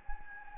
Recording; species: mosquito wingbeat signal from an infrared sensor; Anopheles gambiae